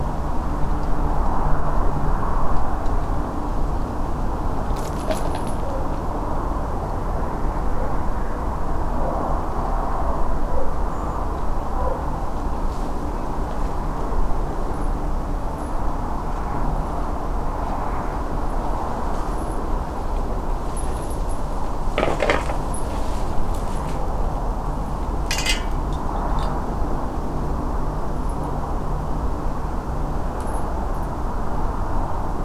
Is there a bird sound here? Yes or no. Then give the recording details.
yes. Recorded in France